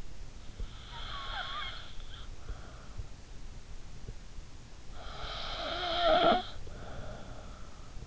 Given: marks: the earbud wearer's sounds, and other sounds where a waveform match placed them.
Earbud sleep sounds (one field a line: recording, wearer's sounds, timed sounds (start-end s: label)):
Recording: sounds in sleep by an in-ear microphone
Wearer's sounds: snoring breath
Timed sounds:
0.43-2.74 s: snoring breath
4.36-8.07 s: snoring breath